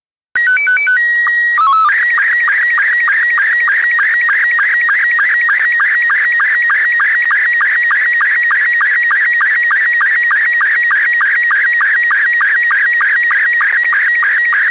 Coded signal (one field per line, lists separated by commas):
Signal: SSTV (slow-scan television)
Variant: Robot 72